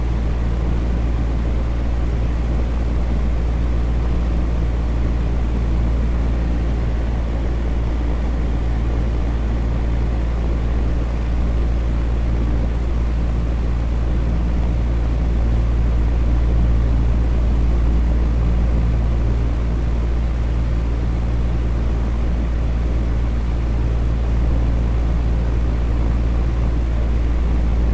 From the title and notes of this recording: Deep Sleep Fan Sounds for a Relaxing Night.